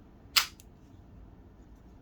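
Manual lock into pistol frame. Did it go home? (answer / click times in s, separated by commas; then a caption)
yes / 0.4 s. The manual lock (takedown/safety catch) of a Blow TR17 blank pistol is pushed back inside the frame to finish reassembly. A single sharp click at 0.4 s, followed by a faint short tick at 0.6 s, against a quiet background. The lock is seated and the gun is reassembled.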